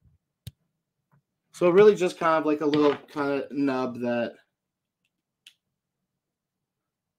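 A proprietary charging connector, held in by a little nub, is pulled out of a smartwatch's charging port, giving a sharp click at 0.5 s as it releases. Someone then talks, and another faint tick follows at 5.5 s.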